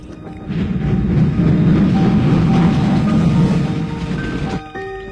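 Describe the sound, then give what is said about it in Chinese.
A train rolls along the rails in a steady, heavy low rumble, with thin whining tones drifting above it, before the noise cuts off abruptly near the end. “有一天，我趁爸爸不在家，就自己偷偷跑了出来，坐火车一直往北走。”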